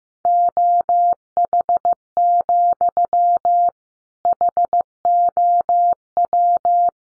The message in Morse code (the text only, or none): OH, HOW